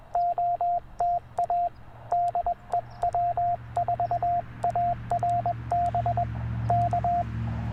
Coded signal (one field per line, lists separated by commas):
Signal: Morse code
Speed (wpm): 21 wpm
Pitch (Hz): 700 Hz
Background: radio noise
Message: OTA DE W4ARB K